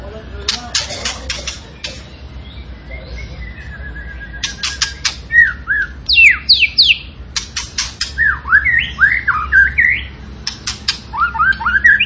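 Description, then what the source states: Zebra finch song: bursts of harsh buzzy notes alternating with downslurred chirps, growing busier toward the end over a low background hum. Cage-bird training recording of a tembakan singing actively and persistently, used to teach song to other caged birds.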